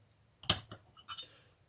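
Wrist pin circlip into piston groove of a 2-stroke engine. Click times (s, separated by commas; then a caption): 0.5 s. A wire circlip for the wrist pin of a 2-stroke engine (GASGAS EC) is pushed with a screwdriver into its groove in the aluminium piston. It snaps home with a sharp, bright metallic click at 0.5 s, followed by a few faint clinks. The circlip is seated in the groove.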